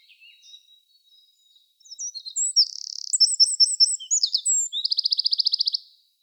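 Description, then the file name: Eurasian wren song: a fast, high, rattling outpouring of sharp notes, buzzy trills and a long, even trill near the end, with no other sounds. "Troglodytes troglodytes"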